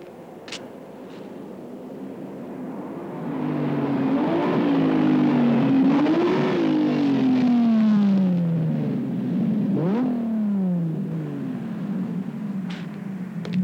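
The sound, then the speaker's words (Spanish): A car engine revs up and accelerates in a scene from the 1987 film Hidden. Its tone rises and falls through several gear shifts and is loud and steady after a quieter start, with no one talking. “Es que este coche es impresionante.”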